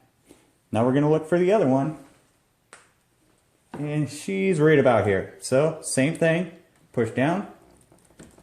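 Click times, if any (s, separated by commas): 8.2 s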